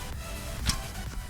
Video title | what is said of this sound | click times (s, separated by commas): Toyota Yaris, Frenos Delanteros | Entonces tú vas a sentir có hace un click Y | 0.7 s